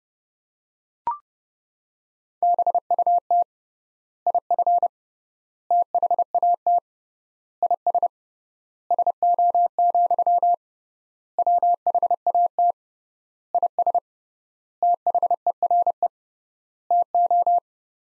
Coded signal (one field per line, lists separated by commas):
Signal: Morse code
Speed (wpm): 30 wpm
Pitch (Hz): 700 Hz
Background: none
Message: BUT IF THAT IS SO, WHAT IS THERE TO